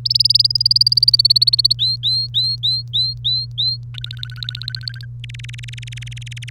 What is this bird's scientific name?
Serinus canaria